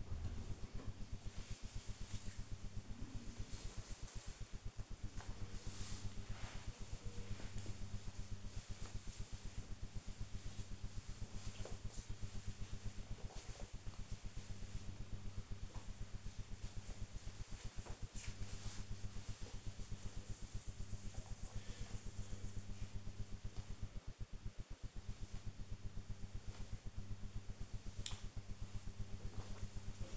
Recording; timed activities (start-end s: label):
household activities, microphone on the right wrist
0.00-30.17 s: drinking